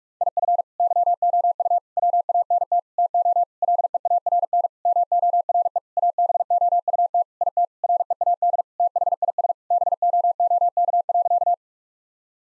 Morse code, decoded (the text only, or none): IF YOU WANT TO LEARN MORE ABOUT IT READ THIS BOOK.